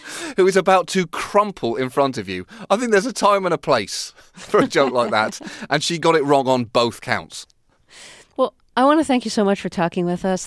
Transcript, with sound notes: who is about to crumple in front of you, I think there is a time and a place for a joke like that. (Soundbite of laughter) And she got it wrong on both counts. Well, I want to thank you so much for talking with us.